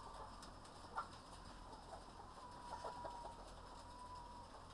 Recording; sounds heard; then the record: poultry house recording; sick chickens (respiratory disease)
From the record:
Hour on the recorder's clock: 19